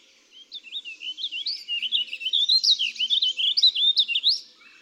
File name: Warbling Vireo